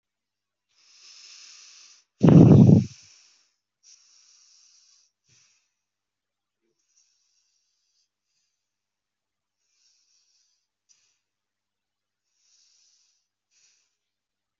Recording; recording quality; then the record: deep breathing; excellent, no background noise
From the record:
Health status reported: healthy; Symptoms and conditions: none ticked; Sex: male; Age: 23 years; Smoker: not ticked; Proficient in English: yes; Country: India